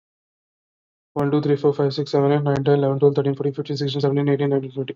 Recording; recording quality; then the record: counting at a fast pace; excellent, no background noise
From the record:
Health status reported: COVID-19 positive, mild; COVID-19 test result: positive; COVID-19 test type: RT-PCR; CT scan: not taken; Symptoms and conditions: cough, cold, fatigue, diarrhoea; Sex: male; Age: 23 years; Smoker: no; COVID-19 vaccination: both doses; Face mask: not worn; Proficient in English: yes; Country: India